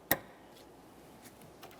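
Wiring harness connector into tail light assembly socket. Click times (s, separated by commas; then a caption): 0.1 s. A second plastic wiring harness electrical connector is pushed into the socket of an outer tail light assembly on a 2014-2019 Toyota Corolla. A single sharp click is heard at 0.1 s, followed by a quiet background with only faint, much softer ticks later. The connector is seated.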